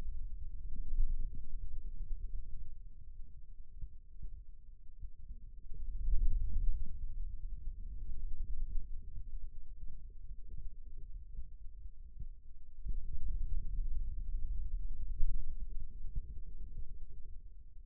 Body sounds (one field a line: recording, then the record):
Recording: forearm muscle sounds (acoustic myography)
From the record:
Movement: radial deviation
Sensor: system 2, bracelet of six BSWA MPA416 microphones around the upper forearm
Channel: 2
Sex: male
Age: 22 years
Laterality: right